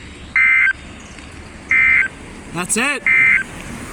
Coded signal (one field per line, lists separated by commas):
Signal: Emergency Alert System (SAME) tones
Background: speech